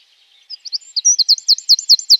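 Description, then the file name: Eurasian wren song, a fast series of sharp high notes settling into an evenly repeated rapid series. "Zaunkoenig"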